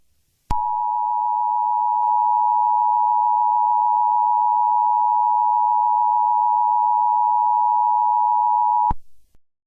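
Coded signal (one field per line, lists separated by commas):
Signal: Emergency Alert System (SAME) tones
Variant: 853 and 960 Hz attention tone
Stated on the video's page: EAS scenario, a fictional bomb alert, not a real alert.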